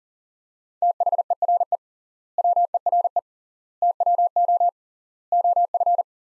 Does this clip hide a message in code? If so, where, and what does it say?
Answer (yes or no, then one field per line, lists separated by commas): yes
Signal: Morse code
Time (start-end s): 0.8-6.0 s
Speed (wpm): 40 wpm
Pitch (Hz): 700 Hz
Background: none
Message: THERE WERE TWO OF